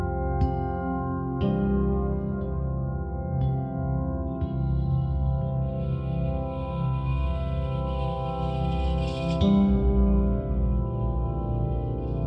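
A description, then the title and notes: Layered 528 Hz and 111 Hz tones ring steadily with deep hum beneath, freshened by soft bowl-like strikes every few seconds, brightest near nine seconds. 528 Hz +111 Hz.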